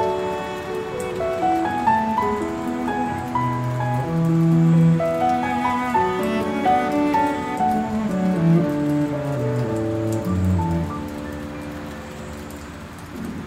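Piano music plays over a steady hiss of rain. Notes ring out in a slow, flowing melody with held low bass tones, and the rain stays constant underneath throughout. The playing softens slightly toward the end.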